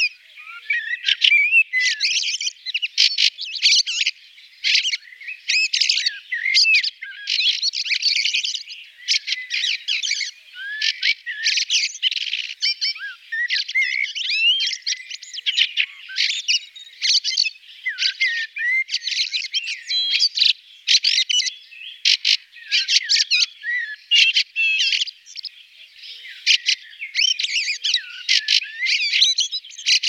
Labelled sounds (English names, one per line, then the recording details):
Fieldfare song
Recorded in the wild
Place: Oberrotweil am Kaiserstuhl, Baden-Württemberg, DE
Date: 1978-05-28
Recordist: Schwarz, Dieter
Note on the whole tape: Song